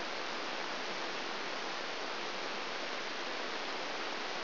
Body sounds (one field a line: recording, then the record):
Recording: brain microelectrode recording played as sound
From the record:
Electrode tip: outside the subthalamic nucleus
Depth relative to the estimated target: -2.5 mm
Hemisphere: right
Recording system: AlphaMap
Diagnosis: Parkinson's disease